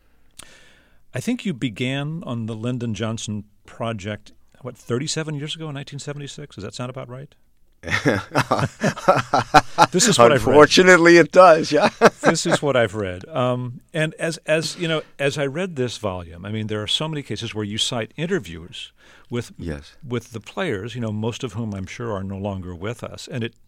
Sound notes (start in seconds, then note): 7.8 laughter; 11.6 laughter